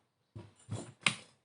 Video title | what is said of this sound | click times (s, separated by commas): AKÜLÜ TESTERE OLEO MAC GSİ 30 | kulaklarına takıyorsunuz çıt | 1.1 s